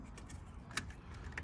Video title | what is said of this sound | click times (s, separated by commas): Easy to Install Custom Underhood Light for Ford Transit - Illuminate Your Engine Bay! | it's all cinched up you hear it click in so we know it's secured | 0.8 s, 1.4 s